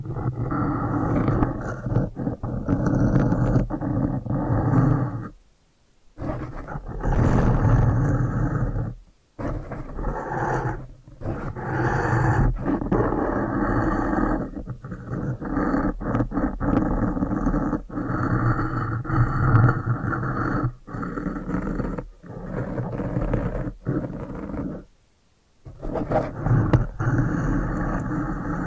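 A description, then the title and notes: ASMR brain-flossing sounds with no talking: a dense, muffled rubbing and rumbling texture, low and growl-like, that runs almost continuously. It stops in brief silences near 6, 9 and 25 seconds, then resumes at the same steady level. ASMR Brain Flossing (No Talking).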